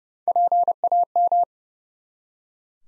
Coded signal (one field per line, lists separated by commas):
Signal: Morse code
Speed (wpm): 30 wpm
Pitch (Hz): 700 Hz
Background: none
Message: PAM